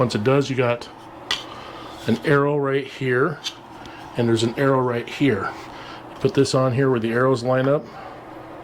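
Two plastic pieces of an accessory for a Bambu printer's AMS 2 Pro are lined up by their arrow marks and handled for fitting while someone talks, with light handling noises between the speech. The clip ends before the pieces are pressed home; nothing has seated or clicked yet.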